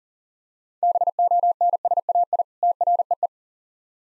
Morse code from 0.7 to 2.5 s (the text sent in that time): BONSAI